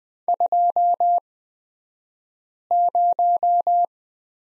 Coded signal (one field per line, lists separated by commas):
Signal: Morse code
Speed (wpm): 20 wpm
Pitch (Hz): 700 Hz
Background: none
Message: 20